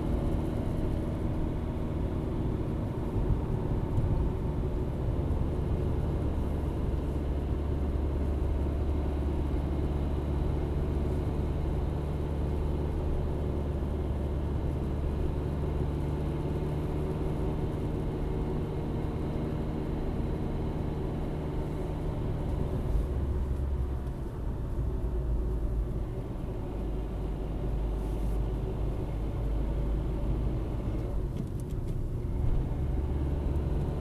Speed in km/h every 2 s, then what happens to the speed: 59, 57, 57, 56, 54, 54, 56, 57, 58, 58, 58, 49, 44, 41, 39, 35, 36.
0-20 steady at about 57. 20-30 slows to 35.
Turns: none.